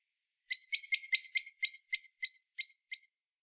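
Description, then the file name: Common blackbird chattering series of about ten sharp metallic chinks, fast at first and gradually slowing toward the end, with nothing else audible. "Turdus merula"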